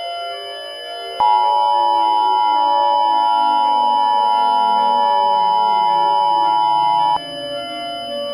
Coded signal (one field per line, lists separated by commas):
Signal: Emergency Alert System (SAME) tones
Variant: 853 and 960 Hz attention tone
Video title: Cannot think of a topic for this EAS scenario